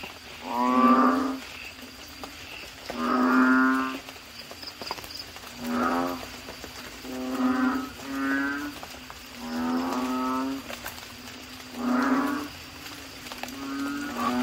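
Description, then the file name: Frog giving nasal, cow-like calls every two seconds or so, each about a second long. "suara kodok bangkong"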